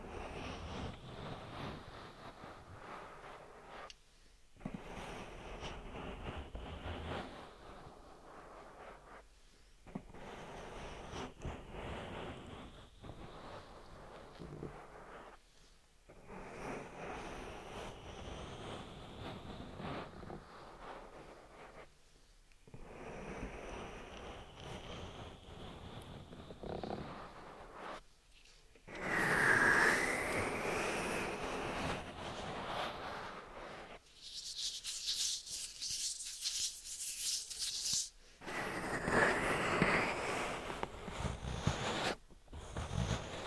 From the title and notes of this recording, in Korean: ASMR 3dio 귀마사지 오일+맨손 ear massage.